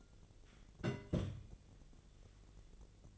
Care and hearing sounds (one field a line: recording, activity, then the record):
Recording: daily activity, microphone in the room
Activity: place on stove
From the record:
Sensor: 4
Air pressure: 1000.8 hPa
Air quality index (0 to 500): 125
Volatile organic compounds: 1 ppm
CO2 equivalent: 942 ppm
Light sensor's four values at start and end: 40/97/41/45 and 39/95/40/44